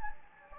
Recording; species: mosquito wingbeat signal from an infrared sensor; Anopheles gambiae